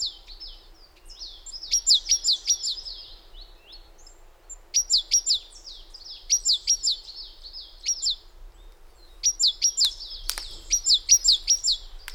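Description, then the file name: Great tit calling in clear runs of sharp, falling high notes, several bursts separated by brief silences. "Parus major"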